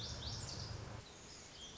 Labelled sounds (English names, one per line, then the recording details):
Lazuli Bunting
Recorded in Sonoma County, California